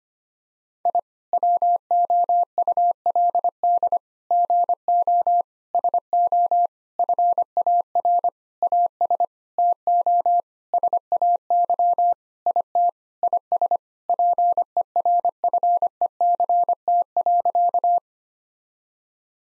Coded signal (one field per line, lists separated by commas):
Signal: Morse code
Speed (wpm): 25 wpm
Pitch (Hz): 700 Hz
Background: none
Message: I WOULD GO SO FAR AS TO SAY IT IS PERFECT.